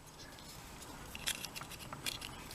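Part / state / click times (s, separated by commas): plastic backpack onto action figure's back peg / not seated / none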